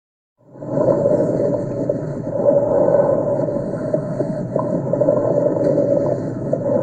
Respiratory crackles coarse.